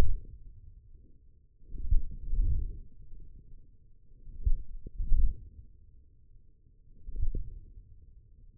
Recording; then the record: forearm muscle sounds (acoustic myography)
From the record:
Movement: wrist flexion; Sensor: system 1, eight BSWA MPA416 microphones around the upper forearm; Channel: 3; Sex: male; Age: 28 years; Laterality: right